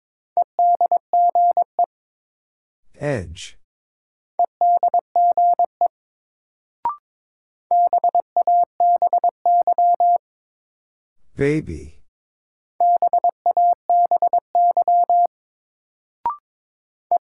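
Morse code beeps at one steady mid-pitched tone, sent in quick runs of short and long pulses with silent gaps between groups. Twice, around three and eleven seconds, a sweeping falling whoosh cuts in, and two brief clicks land near seven and sixteen seconds.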